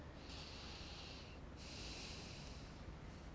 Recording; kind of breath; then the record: one breath in and out by a microphone near the nose and mouth; deep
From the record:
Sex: male